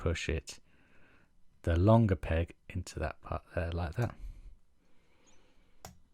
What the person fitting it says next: There we go. So it clicks into place there.